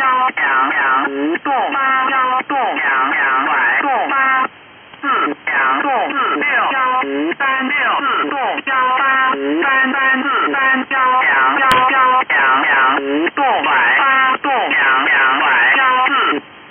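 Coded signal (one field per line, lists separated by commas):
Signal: numbers station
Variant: VC01 Chinese Robot, Mandarin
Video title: Chinese Robot number station VC01 | Signal Phantom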